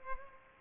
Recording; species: mosquito wingbeat signal from an infrared sensor; Culex pipiens